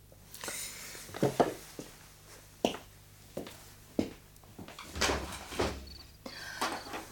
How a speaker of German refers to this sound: Machen Sie doch das Fenster auf, bitte.